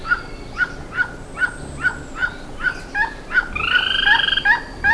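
Bird call, short harsh notes evenly spaced, then a brief buzzy, rattling burst before the single notes resume.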